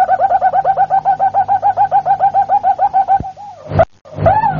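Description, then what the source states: Harz Roller canary delivering a fast, regular series of low looping notes for about three seconds, followed by a gliding note and some clicks and rustles. Harz-type canary song.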